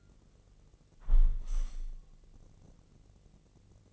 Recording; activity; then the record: daily activity, microphone in the room; close window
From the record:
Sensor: 4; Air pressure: 1013.2 hPa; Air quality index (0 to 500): 172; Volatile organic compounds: 2 ppm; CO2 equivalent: 1081 ppm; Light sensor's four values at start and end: 62/154/64/67 and 68/169/70/72